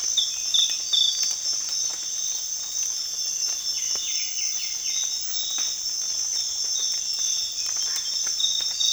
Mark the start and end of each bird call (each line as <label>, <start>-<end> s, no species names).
bird call, 0.00-1.23 s
bird call, 3.52-5.04 s